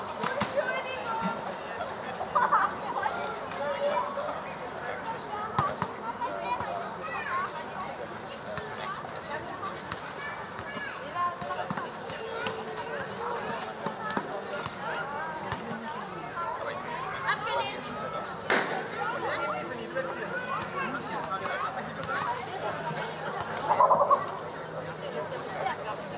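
Children play at a playground, their voices forming a steady, dense babble of chatter and calls throughout. Brief sharp knocks and clatters break through now and then, notably near 6 and 18 seconds, and a louder shout rises around 24 seconds over a low background hum.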